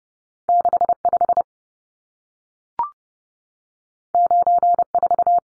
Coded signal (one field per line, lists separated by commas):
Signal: Morse code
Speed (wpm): 30 wpm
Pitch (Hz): 700 Hz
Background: none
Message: 65 94